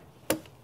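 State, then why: Seated. A plastic sensor electrical connector is slid onto an engine sensor during reassembly after an ignition coil replacement on a Chevy Trailblazer. A single sharp click rings out at 0.3 s, followed by a much fainter tick near 0.5 s. The connector is confirmed seated.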